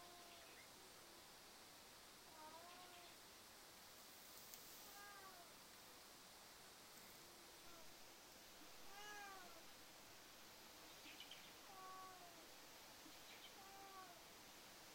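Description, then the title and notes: Domestic cat meowing again and again, arched falling meows at uneven intervals, with occasional rustles and steady background hiss. Family cat Uchan (Uruchi), a male, has caught a mouse and carries it in its mouth to show off; backyard covered with fallen leaves, 10 a.m., sunny morning. "うーちゃん🐈‍⬛、ネズミ捕まえる. 朝10時 晴れ/落ち葉が舞積もった裏庭/我が家のメンバーであるネコのうーちゃん-正式には「ウルチ」くん-が、ネズミを捕まえた"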